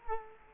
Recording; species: mosquito wingbeat signal from an infrared sensor; Culex quinquefasciatus